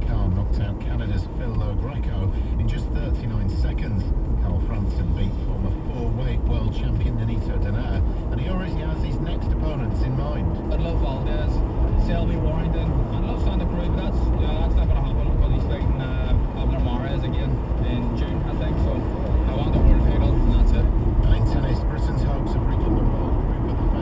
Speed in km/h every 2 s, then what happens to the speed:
47, 47, 50, 56, 63, 71, 74, 79, 84, 90, 92, 90.
0-18 speeds up to 90. 18-24 steady at about 90.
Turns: none.